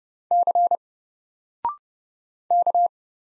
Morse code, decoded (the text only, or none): C K